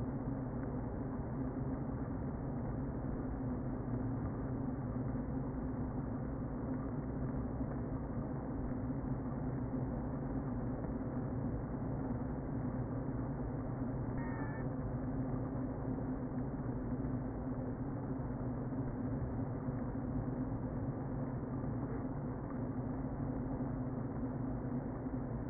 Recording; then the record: honeybee colony, microphone inside the hive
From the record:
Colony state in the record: queen present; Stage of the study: before two queens were removed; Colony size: about 60,000 bees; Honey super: yes